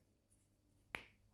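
A plastic Vitex mascara cap with a latch is closed onto its mascara tube and snaps home with one sharp, bright click at 0.95 s against a quiet background. The cap is latched shut.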